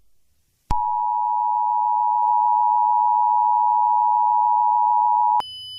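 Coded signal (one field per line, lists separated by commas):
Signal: Emergency Alert System (SAME) tones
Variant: 853 and 960 Hz attention tone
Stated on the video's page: Fictional EAS scenario.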